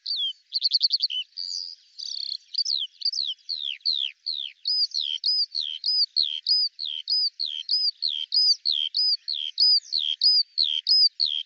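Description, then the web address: Eurasian skylark singing a fast buzzy trill at first, then a steady stream of high repeated chirps and downward slurs without pause. "Deverinetal 2025 Bird Al Ar"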